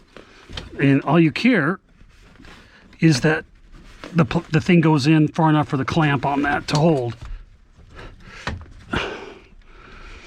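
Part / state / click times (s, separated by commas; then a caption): emergency brake handle onto parking brake lever in a pickup truck / not seated / none. A replacement emergency brake handle is handled and pushed onto the parking brake lever of a Ford Ranger pickup truck, with the aim of getting it in far enough for its clamp to hold. Someone talks over brief knocks and handling noises, and nothing has seated or clicked yet.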